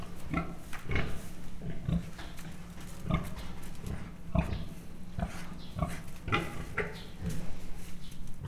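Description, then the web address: Mangalica pig grunting in short, low, rough bursts, repeated about once a second, with scuffling and rustling between them. Standard Mangalica pig, captive in a zoo at Miskolc, recorded in 2009, grunting and snorting. "miskolcizoo 2009 standardt mangalica rofoges horkantas"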